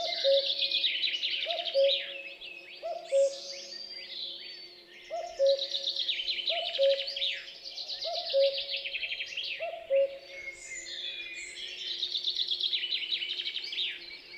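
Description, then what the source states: Common Cuckoo calling cu-coo over and over, set against a lively dawn chorus of high trills and chirps from several other birds. Dawn chorus in forest at Champs des Blas, 3 June 2020; recorded with Nagra LB and MKH8020.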